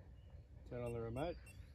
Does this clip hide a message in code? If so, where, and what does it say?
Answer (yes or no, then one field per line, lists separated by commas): no